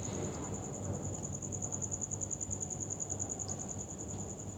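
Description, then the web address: Cricket chirps, a shrill evenly pulsed trill sustained without a break, with a soft low hum underneath. "muhammad 384. Crickets"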